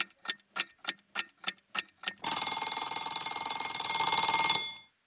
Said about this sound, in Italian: Ricordo che la modalità è che voi avete il tempo fino a che suona la sveglia dei 30 secondi.